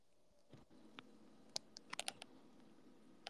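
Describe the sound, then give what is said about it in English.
Irregular typing on a computer keyboard: sharp, bright key clicks in a quick uneven cluster, some louder taps standing out over a low steady hum, with no talking. “I'm gonna start typing.”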